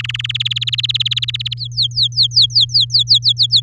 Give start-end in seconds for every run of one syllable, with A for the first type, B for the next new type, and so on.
0.00-0.21 A, 0.24-1.54 B, 1.57-3.60 C